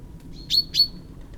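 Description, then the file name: Common chaffinch uttering a pair of crisp, high-pitched call notes, each with a short ringing tail. "Fringilla coelebs"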